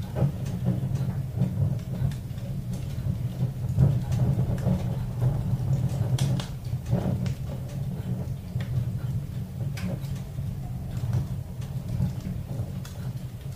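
A roaring fire gives off a steady, deep rumble that holds for the whole stretch, sprinkled with frequent sharp crackles and pops. Louder snaps stand out near 4, 6 to 7, and 11 seconds, and the roar eases slightly after about 7 seconds.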